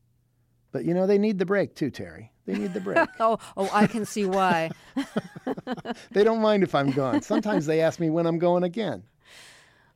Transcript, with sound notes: But, you know, they need the break too, Terry.
(Laughter).
They need the break (laughter).
Oh, I can see why.
(LAUGHTER)
They don't mind if I'm gone. Sometimes they ask me when I'm going again.